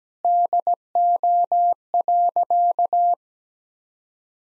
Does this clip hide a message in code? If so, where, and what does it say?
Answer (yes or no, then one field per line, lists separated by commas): yes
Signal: Morse code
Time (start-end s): 0.2-3.1 s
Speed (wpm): 17 wpm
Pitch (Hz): 700 Hz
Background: none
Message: DO.